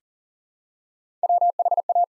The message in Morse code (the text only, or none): WHA